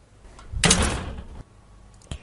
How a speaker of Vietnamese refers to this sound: Ninh Dương không đủ can đảm để nghe tiếp câu chuyện nữa, khóa trái cửa lại, lặng lẽ quay về giường.